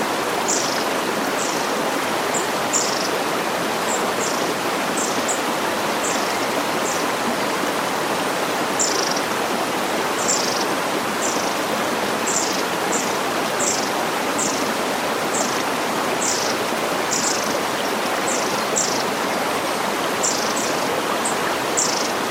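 A soft, steady rush of water and waterfall fills the clip evenly, while short high chirps repeat regularly, about twice per second throughout.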